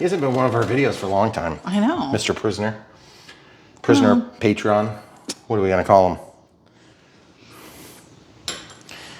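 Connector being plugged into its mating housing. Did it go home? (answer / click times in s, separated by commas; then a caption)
partly / 8.5 s. Someone talks for the first six seconds while building an H-King Flycat 70mm 6S EDF V2. After a quiet stretch, a connector is pushed into its mating housing with a sharp, loud click at 8.5 s, followed by a faint tick. The connector is not fully seated, because a small gap is still visible on top.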